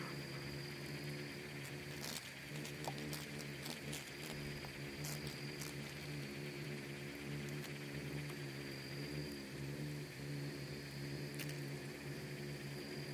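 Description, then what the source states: Swarming insects keep up a constant low buzzing hum with a faint high whine and occasional brief clicks. Bugs and beetles swarming in the Namib desert, which seems quiet at first listen but is full of soundscapes and micro-sounds.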